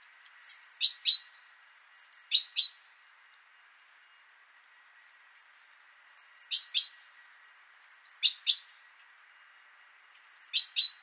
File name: Parus major